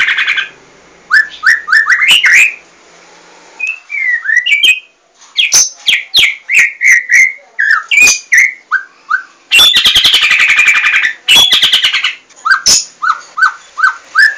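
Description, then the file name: White-rumped shama pouring out a varied song of looping whistles, sharp ticks and a dense scratchy chatter midway, with brief silent gaps between phrases. "murai batu larwo"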